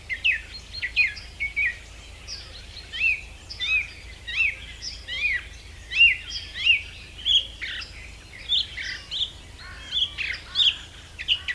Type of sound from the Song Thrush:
song